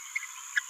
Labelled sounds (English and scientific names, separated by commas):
Green-rumped Parrotlet (Forpus passerinus) babbling